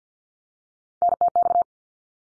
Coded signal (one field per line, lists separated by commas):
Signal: Morse code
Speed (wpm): 48 wpm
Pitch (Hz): 700 Hz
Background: none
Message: NTX